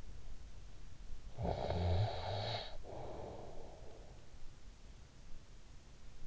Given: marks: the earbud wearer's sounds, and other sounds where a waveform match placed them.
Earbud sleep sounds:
sounds in sleep by an in-ear microphone; snoring breath
1.19-4.42 s: snoring breath

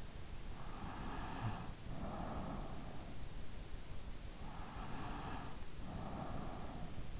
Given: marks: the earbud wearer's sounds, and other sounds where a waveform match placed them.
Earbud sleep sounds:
sounds in sleep by an in-ear microphone; breath
0.65-2.85 s: breath
4.46-7.05 s: breath

